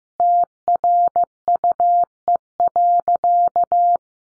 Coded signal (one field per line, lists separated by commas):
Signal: Morse code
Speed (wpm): 15 wpm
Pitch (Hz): 700 Hz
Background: none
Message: TRUE.